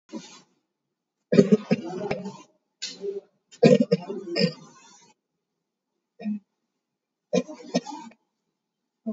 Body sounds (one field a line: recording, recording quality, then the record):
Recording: shallow voluntary cough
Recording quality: excellent, no background noise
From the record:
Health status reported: COVID-19 positive, mild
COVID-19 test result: positive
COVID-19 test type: RT-PCR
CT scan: taken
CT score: 0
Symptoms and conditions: cough, cold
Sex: male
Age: 30 years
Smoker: no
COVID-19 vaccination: both doses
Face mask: worn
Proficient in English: yes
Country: India